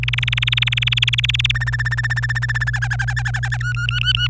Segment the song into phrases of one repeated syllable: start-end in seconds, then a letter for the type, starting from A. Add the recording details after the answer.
0.03-1.52 A, 1.55-2.70 B, 2.73-3.57 C, 3.60-4.30 D. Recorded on 26 April 2018 at 12:53. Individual llb3